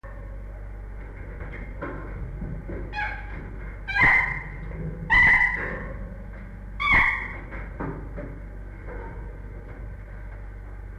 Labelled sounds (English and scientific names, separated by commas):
Chimpanzee (Pan troglodytes)